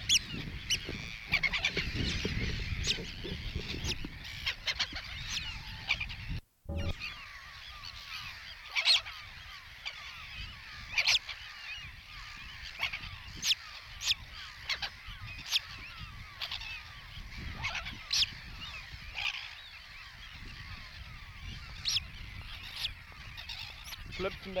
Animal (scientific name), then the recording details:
Thalasseus sandvicensis. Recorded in the wild. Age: pullus. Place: Langenwerder, Mecklenburg-Vorpommern, DE. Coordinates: 54.027, 11.493. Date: 1969-06-07. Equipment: Nagra III BH, Sennheiser MD 421. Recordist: Schubert, Michael